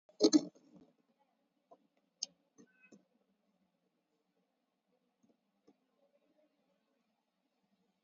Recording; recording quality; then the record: shallow breathing; poor, much background noise or distortion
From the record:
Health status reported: COVID-19 positive, mild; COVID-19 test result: positive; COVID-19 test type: RT-PCR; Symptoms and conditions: cough, fatigue, loss of smell and taste, hypertension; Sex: female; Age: 48 years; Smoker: no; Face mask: worn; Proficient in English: yes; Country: India